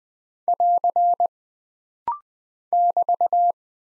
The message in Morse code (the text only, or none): <AR> <BT>